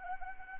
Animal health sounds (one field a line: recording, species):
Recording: mosquito wingbeat signal from an infrared sensor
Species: Anopheles arabiensis